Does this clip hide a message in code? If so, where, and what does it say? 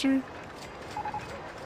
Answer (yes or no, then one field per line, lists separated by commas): no